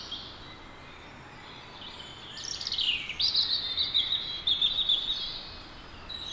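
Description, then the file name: European robin song: a descending thin whistle sliding down, then a fast, sparkling high trill of rapid notes lasting a couple of seconds. "Erithacus rubecula"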